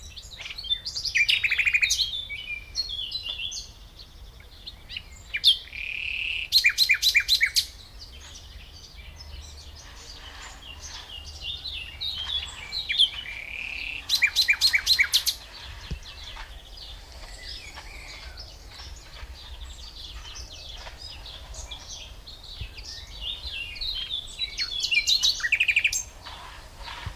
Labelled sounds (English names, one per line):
Common Nightingale song